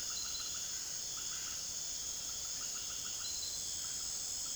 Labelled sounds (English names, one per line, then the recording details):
none
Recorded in secondary vegetation near Puerto Asís, Putumayo, Colombia, on 19 June 2025 at 18:30
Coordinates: 0.489, -76.322
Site G021